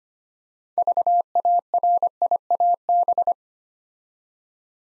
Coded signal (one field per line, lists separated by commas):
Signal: Morse code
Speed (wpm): 25 wpm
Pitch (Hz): 700 Hz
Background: none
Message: VARIAB